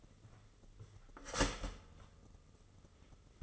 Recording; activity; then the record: daily activity, microphone in the room; start toaster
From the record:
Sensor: 4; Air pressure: 996.0 hPa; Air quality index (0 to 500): 67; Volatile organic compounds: 2 ppm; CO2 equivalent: 1225 ppm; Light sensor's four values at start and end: 14/34/13/14 and 14/34/13/14